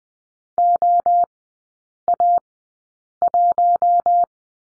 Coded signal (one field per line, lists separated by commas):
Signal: Morse code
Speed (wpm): 20 wpm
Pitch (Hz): 700 Hz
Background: none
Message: OA1